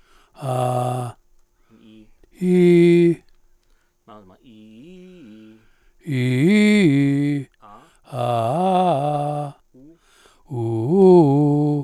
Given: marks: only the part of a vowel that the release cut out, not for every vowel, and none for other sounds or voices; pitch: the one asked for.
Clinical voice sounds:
sustained vowels; male; 80 to 89 years
0.45-1.06 s: vowel /a/, low pitch
2.45-3.07 s: vowel /i/, low pitch
6.16-7.37 s: vowel /i/, low-high-low pitch
8.21-9.38 s: vowel /a/, low-high-low pitch
10.60-11.72 s: vowel /u/, low-high-low pitch
From the record:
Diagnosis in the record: presbyphonia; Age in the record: 83 years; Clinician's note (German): Mit Stimmschwäche

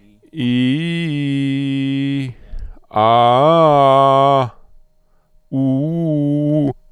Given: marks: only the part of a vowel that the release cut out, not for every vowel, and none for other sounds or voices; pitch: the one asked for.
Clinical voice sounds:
sustained vowels; male; 30 to 39 years
0.50-2.14 s: vowel /i/, low-high-low pitch
3.05-4.34 s: vowel /a/, low-high-low pitch
5.61-6.58 s: vowel /u/, low-high-low pitch
From the record:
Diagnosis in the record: healthy voice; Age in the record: 38 years

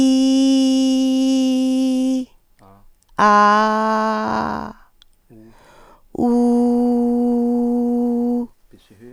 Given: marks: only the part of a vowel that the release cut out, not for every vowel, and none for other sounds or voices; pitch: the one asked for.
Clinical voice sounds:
sustained vowels; female; 40 to 49 years
0.00-1.97 s: vowel /i/, normal pitch
3.29-4.33 s: vowel /a/, normal pitch
6.35-8.28 s: vowel /u/, normal pitch
From the record:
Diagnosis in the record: recurrent laryngeal nerve paralysis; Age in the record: 40 years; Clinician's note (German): Idiopathische mit sehr breiter glottischer Insuffizienz

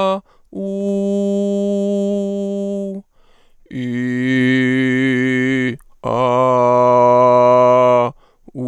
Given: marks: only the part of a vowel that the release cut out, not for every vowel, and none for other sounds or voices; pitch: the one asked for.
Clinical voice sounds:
sustained vowels; male; 30 to 39 years
0.69-2.83 s: vowel /u/, high pitch
3.86-5.55 s: vowel /i/, low pitch
6.16-7.95 s: vowel /a/, low pitch
From the record:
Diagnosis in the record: mutational falsetto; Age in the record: 34 years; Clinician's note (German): Verlaufskontrolle vor Abschluß der Therapie

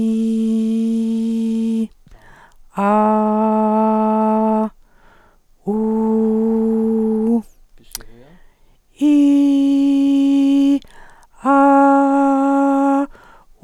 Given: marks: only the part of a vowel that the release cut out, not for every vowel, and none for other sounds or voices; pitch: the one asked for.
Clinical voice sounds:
sustained vowels; female; 50 to 59 years
0.00-1.73 s: vowel /i/, normal pitch
2.84-3.73 s: vowel /a/, normal pitch
5.79-7.25 s: vowel /u/, normal pitch
9.30-10.35 s: vowel /i/, high pitch
11.63-12.95 s: vowel /a/, high pitch
From the record:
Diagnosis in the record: recurrent laryngeal nerve paralysis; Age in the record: 50 years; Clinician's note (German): Frische strumiprive links, ohne Kompensation

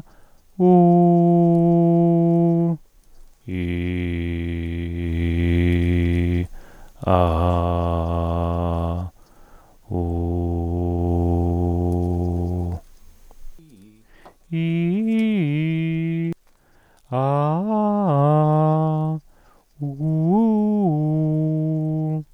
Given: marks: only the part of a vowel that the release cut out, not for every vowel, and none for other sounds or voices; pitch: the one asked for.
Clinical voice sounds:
sustained vowels; male; 20 to 29 years
0.78-2.51 s: vowel /u/, high pitch
5.00-6.38 s: vowel /i/, low pitch
7.18-8.88 s: vowel /a/, low pitch
10.45-12.40 s: vowel /u/, low pitch
14.59-16.23 s: vowel /i/, low-high-low pitch
17.19-18.94 s: vowel /a/, low-high-low pitch
20.03-21.75 s: vowel /u/, low-high-low pitch
From the record:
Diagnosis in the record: hyperfunctional dysphonia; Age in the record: 28 years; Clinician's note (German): Tendenz zur hyperfunktionellen Dysphonie; ev. auch inkomplette Mutatio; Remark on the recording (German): Im NSP-Signal sind Hintergrundgeräusche zu vernehmen.

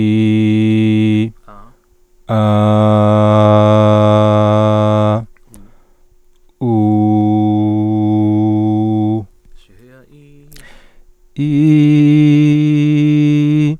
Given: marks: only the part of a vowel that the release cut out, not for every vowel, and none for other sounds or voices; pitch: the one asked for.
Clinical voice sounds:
sustained vowels; male; 30 to 39 years
0.00-1.13 s: vowel /i/, normal pitch
3.59-5.05 s: vowel /a/, normal pitch
6.93-8.88 s: vowel /u/, normal pitch
11.79-13.56 s: vowel /i/, high pitch
From the record:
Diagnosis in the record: stuttering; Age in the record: 31 years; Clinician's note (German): Stimmlippen ohne Befund

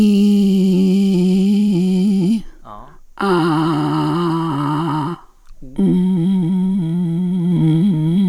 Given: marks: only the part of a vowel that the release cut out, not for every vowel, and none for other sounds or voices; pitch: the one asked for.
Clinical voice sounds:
sustained vowels; female; 50 to 59 years
0.00-1.96 s: vowel /i/, normal pitch
3.35-4.79 s: vowel /a/, normal pitch
6.08-8.04 s: vowel /u/, normal pitch
From the record:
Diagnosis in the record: hypernasality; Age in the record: 55 years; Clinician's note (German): Ausgeprägt, mit Gaumensegelparese links, Synechie vordere Kommissur, subglottische Stenose

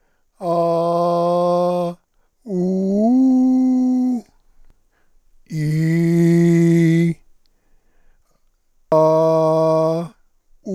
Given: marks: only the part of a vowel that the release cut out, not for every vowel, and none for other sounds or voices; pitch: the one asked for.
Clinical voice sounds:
sustained vowels; male; 60 to 69 years
0.48-1.80 s: vowel /a/, high pitch
3.10-4.04 s: vowel /u/, high pitch
5.62-7.04 s: vowel /i/, low pitch
8.95-9.94 s: vowel /a/, low pitch
From the record:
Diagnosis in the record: cordectomy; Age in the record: 61 years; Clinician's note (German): Zustand nach laserchirurgischer Rezidivabtragung, Chordektomie

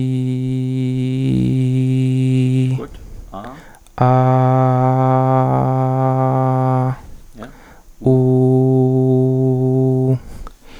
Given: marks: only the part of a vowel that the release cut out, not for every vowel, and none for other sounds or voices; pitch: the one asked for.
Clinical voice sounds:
sustained vowels; male; 20 to 29 years
0.00-1.97 s: vowel /i/, normal pitch
4.46-6.43 s: vowel /a/, normal pitch
8.16-10.07 s: vowel /u/, normal pitch
From the record:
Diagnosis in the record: stuttering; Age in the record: 23 years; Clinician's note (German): Leichte Diplophonie

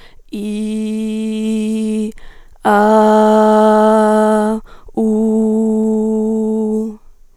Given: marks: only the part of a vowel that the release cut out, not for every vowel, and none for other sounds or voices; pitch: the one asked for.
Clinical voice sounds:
sustained vowels; female; 20 to 29 years
0.48-2.02 s: vowel /i/, low pitch
2.71-4.47 s: vowel /a/, low pitch
5.09-6.61 s: vowel /u/, low pitch
From the record:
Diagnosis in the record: singing voice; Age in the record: 23 years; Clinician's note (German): Ausgebildet, stroboskopisch ohne Befund, subj. "zu hohe mittlere Sprechstimmlage"

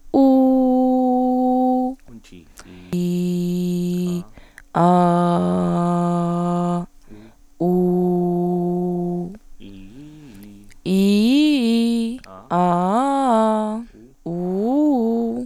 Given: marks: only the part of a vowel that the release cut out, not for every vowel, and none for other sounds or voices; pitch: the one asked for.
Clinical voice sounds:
sustained vowels; female; 20 to 29 years
0.25-1.86 s: vowel /u/, high pitch
2.97-4.04 s: vowel /i/, low pitch
4.92-6.66 s: vowel /a/, low pitch
7.66-9.17 s: vowel /u/, low pitch
10.95-12.09 s: vowel /i/, low-high-low pitch
12.58-13.70 s: vowel /a/, low-high-low pitch
14.30-15.34 s: vowel /u/, low-high-low pitch
From the record:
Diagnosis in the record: recurrent laryngeal nerve paralysis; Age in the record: 27 years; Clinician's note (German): Rechts, bei laufender logopädischer Therapie, mit beginnender phonatorischer Kompensation Erste Aufnahme nach 3. Therapie, OP

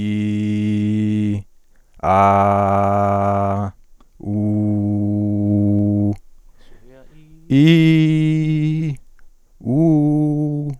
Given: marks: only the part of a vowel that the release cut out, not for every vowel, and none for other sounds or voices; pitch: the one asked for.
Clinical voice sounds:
sustained vowels; female; 20 to 29 years
0.00-1.32 s: vowel /i/, normal pitch
2.33-3.61 s: vowel /a/, normal pitch
4.35-6.05 s: vowel /u/, normal pitch
7.77-8.86 s: vowel /i/, high pitch
9.70-10.65 s: vowel /u/, high pitch
From the record:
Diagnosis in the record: healthy voice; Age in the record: 22 years

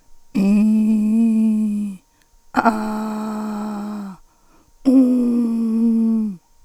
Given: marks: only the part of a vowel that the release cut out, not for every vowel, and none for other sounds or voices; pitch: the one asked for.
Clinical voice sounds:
sustained vowels; female; 60 to 69 years
0.51-1.78 s: vowel /i/, low pitch
2.76-3.86 s: vowel /a/, low pitch
5.07-6.19 s: vowel /u/, low pitch
From the record:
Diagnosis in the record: hypernasality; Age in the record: 62 years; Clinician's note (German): Nach Tonsillen-Ca OP

